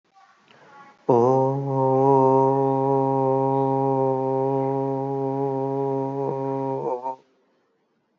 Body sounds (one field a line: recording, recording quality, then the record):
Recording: sustained vowel as in boot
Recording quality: excellent, no background noise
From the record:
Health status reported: healthy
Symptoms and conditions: none ticked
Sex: male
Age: 42 years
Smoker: not ticked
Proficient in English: yes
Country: India